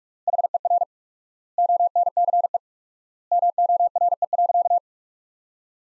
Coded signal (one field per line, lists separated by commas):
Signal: Morse code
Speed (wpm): 41 wpm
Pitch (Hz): 700 Hz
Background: none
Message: HER ONCE MORE.